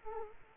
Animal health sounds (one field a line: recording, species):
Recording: mosquito wingbeat signal from an infrared sensor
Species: Aedes aegypti